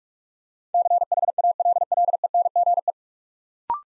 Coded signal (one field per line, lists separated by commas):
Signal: Morse code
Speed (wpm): 44 wpm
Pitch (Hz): 700 Hz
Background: none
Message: CHALLENGE